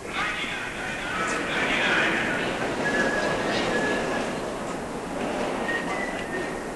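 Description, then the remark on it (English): A steady, dense roar of a train standing at platform 5 of a railway station, the 8:56 for Sheffield calling at Doncaster and Rotherham, with thin high-pitched squeals drifting in and out and indistinct murmuring voices in the background. “The train now standing at platform 5 is the 8:56 for Sheffield.”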